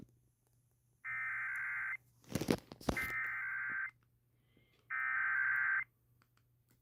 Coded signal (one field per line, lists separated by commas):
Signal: Emergency Alert System (SAME) tones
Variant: header bursts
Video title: WASN'T ANTICIPATING AN EVI, BUT I GOT IT... EAS Alerts from 4/27/25 (EAS 5,718 - 5,737)